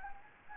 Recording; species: mosquito wingbeat signal from an infrared sensor; Anopheles gambiae